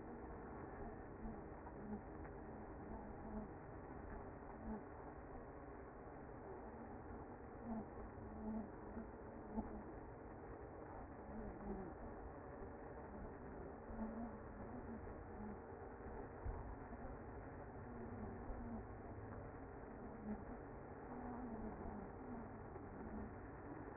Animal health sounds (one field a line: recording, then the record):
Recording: honeybee colony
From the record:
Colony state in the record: active